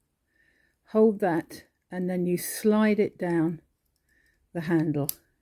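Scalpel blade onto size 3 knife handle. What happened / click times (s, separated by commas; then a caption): Handled, not yet home: no seating click is heard / none. Someone talks while a new steel scalpel blade is being slid down onto the fitting of a metal size 3 Swann Morton knife handle, by fingers or pliers. Only the voice and brief quiet gaps are heard, with no distinct click. The blade has not clicked or seated onto the handle yet.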